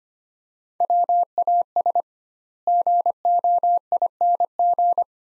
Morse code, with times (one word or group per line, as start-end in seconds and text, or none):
0.8-2.0 WAS
2.7-5.0 GOING